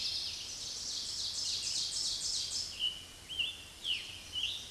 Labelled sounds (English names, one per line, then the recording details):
Ovenbird song
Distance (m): 25 m
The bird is about level with the microphone
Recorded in a Pennsylvania forest on 16 May 2024 at 06:30
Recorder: AudioMoth, point MSD-2166
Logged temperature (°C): 16.3 °C
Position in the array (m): 135 m, 5 m